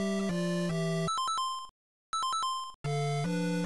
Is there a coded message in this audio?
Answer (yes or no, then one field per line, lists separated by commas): no